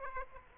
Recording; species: mosquito wingbeat signal from an infrared sensor; Aedes aegypti